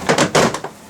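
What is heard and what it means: The top edge of a plastic front interior door trim panel on a 2021 Lexus ES350 is yanked toward the camera and pops free of the plastic door-frame retainer it snaps into, which holds it without clips. A sharp, door-like snap comes at 0.1 s, followed by a few fainter knocks around 0.5 and 0.6 s. The panel is now released and loose.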